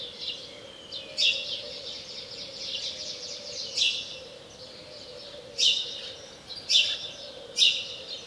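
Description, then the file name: House sparrow chirps, five sharp bright notes standing out over a steady busy twittering of other chirps, with a constant low hum underneath. "Passer domesticus"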